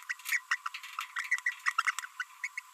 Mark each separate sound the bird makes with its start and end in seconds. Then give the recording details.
0.10-0.13, 0.26-0.38, 0.51-0.55, 1.16-1.26, 1.32-1.39, 1.46-1.52, 1.66-1.71, 2.20-2.23, 2.44-2.47, 2.58-2.60. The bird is a female. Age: 30 days. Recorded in a nest box in Venezuela. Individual 17B42B1